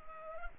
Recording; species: mosquito wingbeat signal from an infrared sensor; Culex pipiens